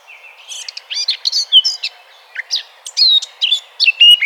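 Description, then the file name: Eurasian blackcap singing a short, jumbled warble of scratchy notes broken by brief pauses, then clear whistled phrases toward the end. "Sylvia atricapilla"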